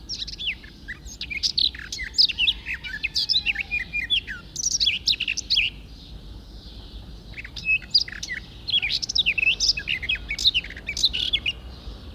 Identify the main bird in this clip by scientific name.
Sylvia borin